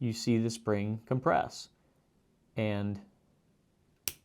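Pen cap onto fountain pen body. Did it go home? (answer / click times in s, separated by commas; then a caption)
yes / 4.1 s. Someone talks while a plastic cap is pushed onto a fountain pen, its spring-loaded inner cup compressing against the grip section. After a quiet pause, a single sharp click at 4.1 s marks the cap clicking into place, seated.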